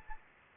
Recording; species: mosquito wingbeat signal from an infrared sensor; Anopheles arabiensis